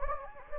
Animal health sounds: mosquito wingbeat signal from an infrared sensor; Anopheles gambiae

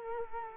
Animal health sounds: mosquito wingbeat signal from an infrared sensor; Culex quinquefasciatus

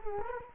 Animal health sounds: mosquito wingbeat signal from an infrared sensor; Culex quinquefasciatus

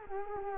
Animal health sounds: mosquito wingbeat signal from an infrared sensor; Culex quinquefasciatus

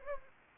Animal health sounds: mosquito wingbeat signal from an infrared sensor; Anopheles gambiae

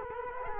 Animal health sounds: mosquito wingbeat signal from an infrared sensor; Culex quinquefasciatus

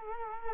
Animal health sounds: mosquito wingbeat signal from an infrared sensor; Culex quinquefasciatus

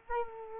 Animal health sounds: mosquito wingbeat signal from an infrared sensor; Culex quinquefasciatus

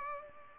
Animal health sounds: mosquito wingbeat signal from an infrared sensor; Culex pipiens

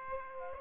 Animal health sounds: mosquito wingbeat signal from an infrared sensor; Aedes aegypti

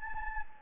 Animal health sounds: mosquito wingbeat signal from an infrared sensor; Anopheles gambiae

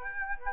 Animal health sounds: mosquito wingbeat signal from an infrared sensor; Aedes aegypti

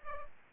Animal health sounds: mosquito wingbeat signal from an infrared sensor; Culex pipiens

